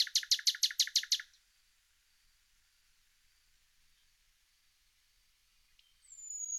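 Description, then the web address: Common nightingale song: a fast run of about eight loud, evenly repeated notes, then near silence ending with a thin high whistle. "IVN Zangvogels. Nachtegaal"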